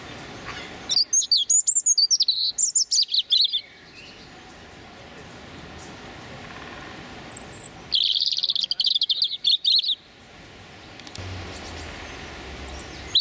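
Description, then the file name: European robin singing: two high, tumbling phrases of thin whistles and rapid trills, each about two to three seconds long, separated by a quiet pause with faint bird notes. Male singing his territorial song. "European Robin Erithacus rubecula male singing his territorial song"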